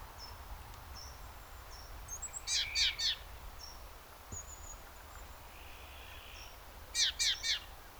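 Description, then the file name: Great tit calls, two short runs of three rasping slurred notes several seconds apart, with faint high whistled notes and steady background noise. "Parus major"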